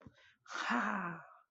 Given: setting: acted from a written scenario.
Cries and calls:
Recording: vocal sound without words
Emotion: pride

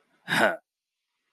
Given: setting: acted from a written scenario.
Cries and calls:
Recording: vocal sound without words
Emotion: contempt

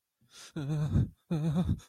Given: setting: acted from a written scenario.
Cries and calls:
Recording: vocal sound without words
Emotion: fear

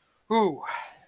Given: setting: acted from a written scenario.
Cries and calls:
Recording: vocal sound without words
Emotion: pride

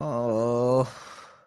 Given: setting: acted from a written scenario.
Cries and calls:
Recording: vocal sound without words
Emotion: guilt

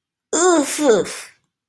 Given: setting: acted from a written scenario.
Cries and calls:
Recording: vocal sound without words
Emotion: pain

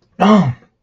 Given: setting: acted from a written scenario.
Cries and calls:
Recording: vocal sound without words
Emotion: distress

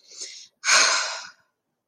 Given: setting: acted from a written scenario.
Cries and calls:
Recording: vocal sound without words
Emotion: shame

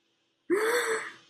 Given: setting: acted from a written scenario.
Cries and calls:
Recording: vocal sound without words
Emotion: fear

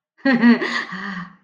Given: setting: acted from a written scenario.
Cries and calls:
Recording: vocal sound without words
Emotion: pride

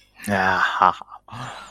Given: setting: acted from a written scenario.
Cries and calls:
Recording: vocal sound without words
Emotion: contempt

